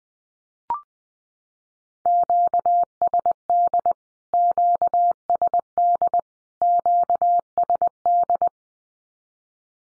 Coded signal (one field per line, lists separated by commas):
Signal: Morse code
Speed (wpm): 20 wpm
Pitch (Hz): 700 Hz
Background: none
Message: QSD QSD QSD